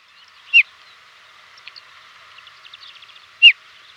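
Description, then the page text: Desert lark giving two brief, clear downward-sliding call notes nearly three seconds apart, with faint twittering between them. "Desert Lark Call. Quick Sounds"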